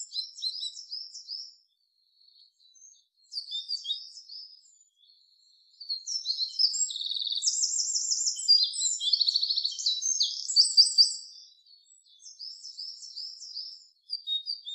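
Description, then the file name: Eurasian wren song, bursts of sharp high twittering notes, then a long loud phrase of rapid rattling trills and chattering notes, then quieter twittering again. "Troglodytes troglodytes"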